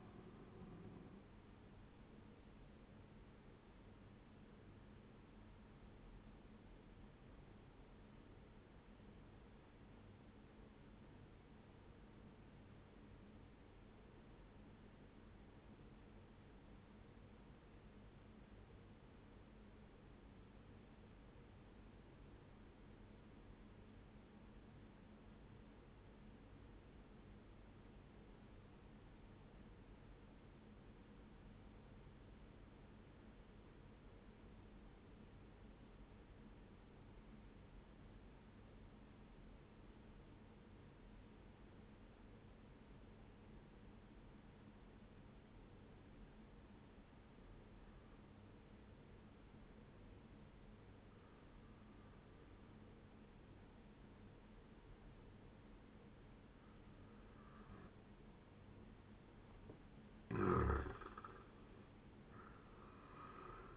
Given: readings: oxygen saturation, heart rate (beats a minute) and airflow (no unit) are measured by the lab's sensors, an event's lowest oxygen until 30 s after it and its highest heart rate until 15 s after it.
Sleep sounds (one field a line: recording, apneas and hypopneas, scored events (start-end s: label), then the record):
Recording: breathing in sleep by a voice recorder at the bedside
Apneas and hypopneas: 1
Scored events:
6.00-63.77 s: new sleep stage, N1 (lightest sleep)
9.00-59.00 s: obstructive apnea (N1, oxygen 97% highest, then 90% lowest, heart rate 60 at the start, 78 highest)
From the record:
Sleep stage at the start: N2 (light sleep)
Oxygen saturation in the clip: 88 to 97%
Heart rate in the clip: 59 to 78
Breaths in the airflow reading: 2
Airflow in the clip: -9.8 to 13.9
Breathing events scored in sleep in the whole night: 131 in 7.2 hours asleep